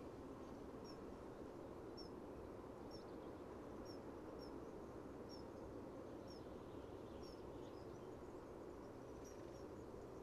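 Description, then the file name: Common chaffinch calling with faint, brief, sharp high notes repeated many times at a steady pace against loud low background noise. "Fringilla coelebs"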